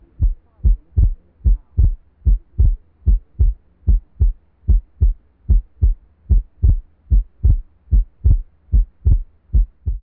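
Heart sounds of an adult heard through a stethoscope: a regular rhythm at about 74 beats per minute, with low-pitched beats.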